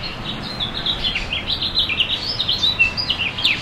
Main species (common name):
House Finch